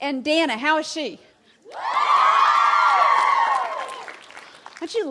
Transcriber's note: applause